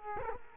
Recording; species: mosquito wingbeat signal from an infrared sensor; Culex quinquefasciatus